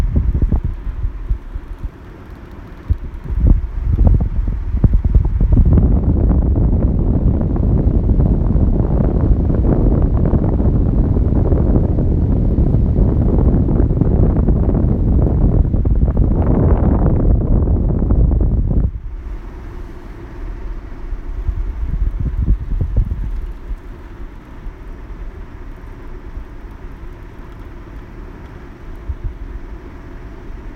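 Air conditioning roars loudly with a dense low rush from about five to nineteen seconds, then drops abruptly to a quieter steady hum.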